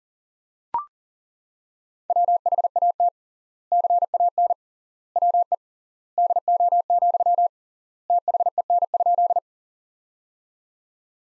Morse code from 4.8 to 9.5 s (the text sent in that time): WE DO, THEN?